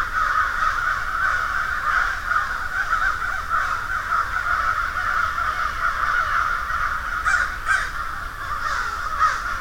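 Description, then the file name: Crows in a dense flock, their harsh caws merging into a continuous raucous chorus with no clear gaps. Field recording of a flock of crows. "Murder Of Crows"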